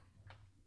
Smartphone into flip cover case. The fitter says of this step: voilà vous voyez c'est un système comme ça vous mettez votre terminal dedans ça se clipse